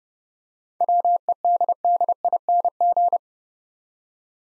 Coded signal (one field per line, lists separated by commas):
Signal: Morse code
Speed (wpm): 30 wpm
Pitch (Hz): 700 Hz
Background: none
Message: WEDDING